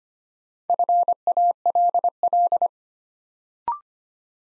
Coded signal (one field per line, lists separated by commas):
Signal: Morse code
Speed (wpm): 25 wpm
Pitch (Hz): 700 Hz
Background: none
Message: FALL